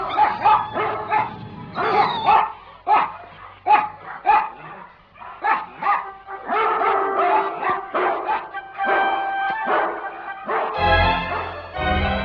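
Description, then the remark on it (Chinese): Several dogs bark loudly and fiercely, repeatedly in overlapping bursts, some yelps and whimpers mixed in, with a harsh, sharper burst of barking near the end, in a Cantonese radio drama. “他们吠得很紧要，这狗真是有性的。”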